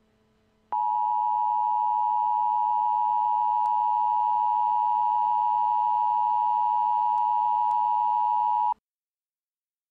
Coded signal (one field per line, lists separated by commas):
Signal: Emergency Alert System (SAME) tones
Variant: 853 and 960 Hz attention tone